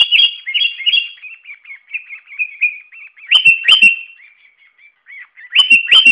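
Sooty-headed bulbul chirping: a run of bubbly warbled notes, then a few loud sharp clicks mixed with renewed chirps near the end.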